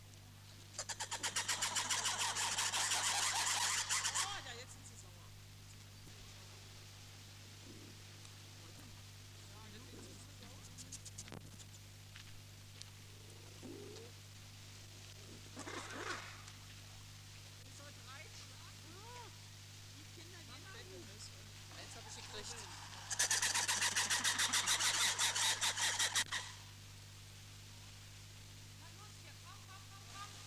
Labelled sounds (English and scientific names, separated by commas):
Red Ruffed Lemur (Varecia rubra) call